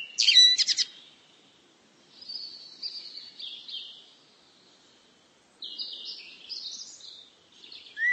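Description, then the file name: Canary song opening with a loud rapid trill, then softer sliding whistles and buzzy high notes, ending in a short low whistle. "Canary bird"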